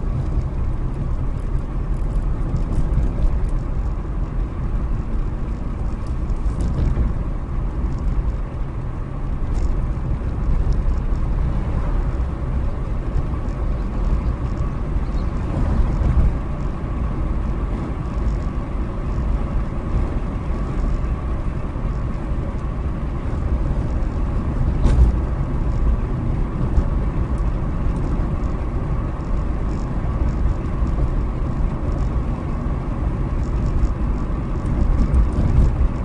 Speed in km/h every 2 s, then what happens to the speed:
50, 52, 52, 53, 53, 56, 61, 63, 64, 64, 64, 64, 64, 63, 64, 63, 64, 64.
0-9 steady at about 52. 9-16 speeds up to 64. 16-36 steady at about 64.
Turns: none.